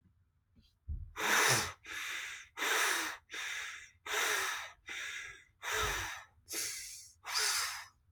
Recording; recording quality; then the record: shallow breathing; poor, much background noise or distortion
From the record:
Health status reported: healthy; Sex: male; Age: 24 years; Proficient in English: yes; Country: United States